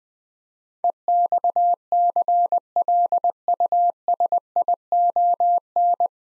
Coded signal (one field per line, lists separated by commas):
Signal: Morse code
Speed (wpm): 20 wpm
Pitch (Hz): 700 Hz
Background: none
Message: EXCLUSION